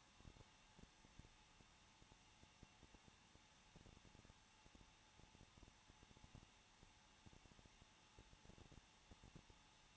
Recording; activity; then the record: daily activity, microphone in the room; no activity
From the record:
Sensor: 1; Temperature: 20.1 degrees Celsius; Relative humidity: 39.2%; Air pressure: 1006.3 hPa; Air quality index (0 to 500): 218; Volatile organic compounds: 79 ppm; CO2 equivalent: 3595 ppm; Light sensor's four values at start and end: 1/2/1/1 and 1/2/1/1